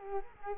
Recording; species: mosquito wingbeat signal from an infrared sensor; Culex quinquefasciatus